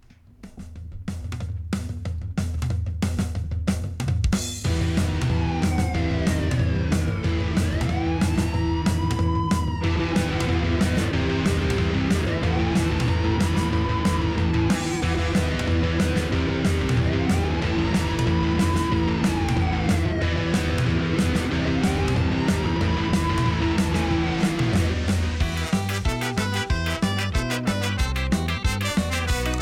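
A loud rock or pop song from a band's first LP, released in 2014, with a driving, steady beat and deep bass, while a gliding synth line swoops up and down in repeated arcs; no singing comes in.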